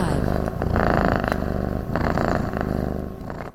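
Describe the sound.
Cat purring, a steady low rumbling vibration that continues throughout with slight swells in loudness, fading at the very end.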